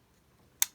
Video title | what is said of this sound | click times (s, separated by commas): DX VramBreaker Review - Kamen Rider Gavv | and it should click into place | 0.6 s